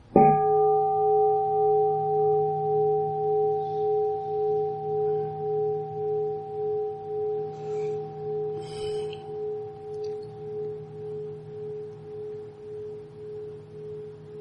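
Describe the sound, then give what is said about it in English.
A single meditation bell is struck once at the close of a Buddhist meditation session and rings out in a long, steady sustain, its clear tones slowly fading with a gentle pulsing shimmer. No one speaks. “And Brother Will can invite another bell because we love the sound of the bell.”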